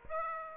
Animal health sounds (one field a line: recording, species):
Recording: mosquito wingbeat signal from an infrared sensor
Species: Aedes aegypti